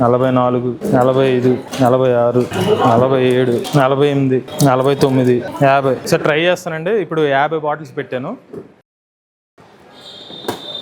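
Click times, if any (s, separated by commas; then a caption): 10.5 s. Someone talks, then after a short silence the seat of a TVS Orbiter electric scooter is closed down over 50 water bottles of 300 ml each packed into the boot. A sharp click at 10.5 s is the seat latching fully into its lock over the boot.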